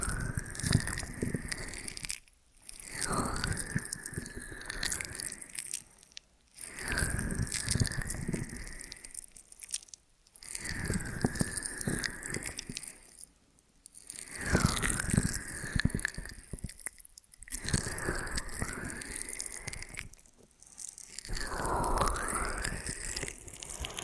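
Ear and scalp massage sounds: dense, wet crackling and squishing rubs that sweep up and down, coming in bursts of two to four seconds. Short silent gaps break them up about every four seconds, each rub swelling and fading in turn.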